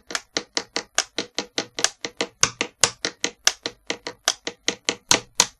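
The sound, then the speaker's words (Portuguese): A pen, used as a musical percussion instrument, is tapped rapidly against a hard surface in a steady drumming rhythm, about five sharp, bright clicks per second, loud and continuous with no voices. “Tens de ser o instrumento. Ah, instrumento. Caneta.”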